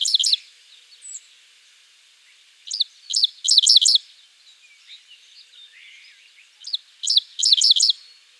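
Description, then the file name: Dickcissel song, short bursts of sharp high stuttered notes, a couple of single chips then a quick run of three or four, repeated about every four seconds. "Spiza americana - Dickcissel"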